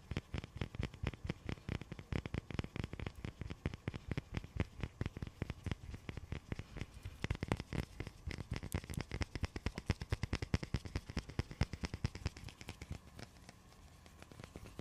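Icy, frozen triggers crackle in a dense, rapid stream of sharp clicks and snaps, steady throughout and thinning slightly near the end.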